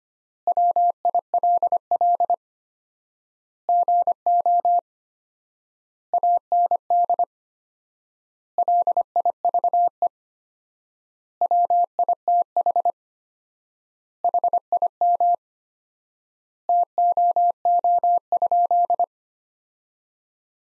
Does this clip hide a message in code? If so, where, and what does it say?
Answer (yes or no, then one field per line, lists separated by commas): yes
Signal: Morse code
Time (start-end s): 0.5-19.0 s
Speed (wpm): 25 wpm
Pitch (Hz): 700 Hz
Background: none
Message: WILL GO AND LIVE WITH HIM TOO?